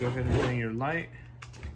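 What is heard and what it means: Someone talks while a wiring harness connector is handled at a new smoked LED tail light on a Jeep JL, about to be plugged into the tail light housing. After the talking, a few faint handling sounds follow. The connector has not seated or clicked yet.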